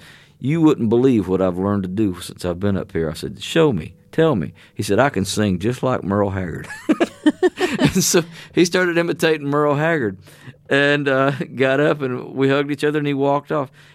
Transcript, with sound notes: He says, you wouldn't believe what I've learned to do since I've been up here. I said, show me; tell me. He said, I can sing just like Merle Haggard.
(LAUGHTER)
And so he started imitating Merle Haggard and got up, and we hugged each other. And he walked off.